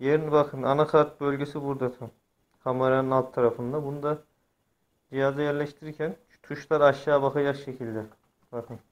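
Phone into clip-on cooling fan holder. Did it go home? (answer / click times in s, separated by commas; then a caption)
no / none. A GM5 Plus phone is being positioned, buttons facing down, into a clip-on fan cooler holder over the mainboard area below the camera. Only someone talking is heard throughout. The clip ends before the phone goes home, and nothing has seated or clicked yet.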